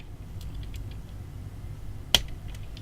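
A plastic part of an MP-36 Masterpiece Megatron transforming robot figure is pushed into the figure's body during its conversion. Faint small clicks and handling noise come before a single sharp, loud snap at 2.2 s, followed by a few light ticks. The part snaps home and is seated.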